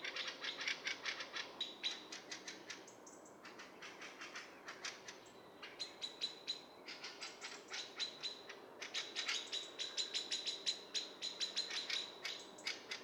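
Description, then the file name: Common blackbird uttering a long run of sharp, dry chinks and rattling clicks, fast and slightly irregular, with brief quieter lulls. "Turdus merula"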